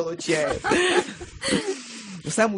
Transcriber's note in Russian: Все смеются